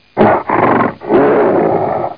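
Gorilla roaring: two short harsh bellows, then a longer, rough, drawn-out roar that fades at the end.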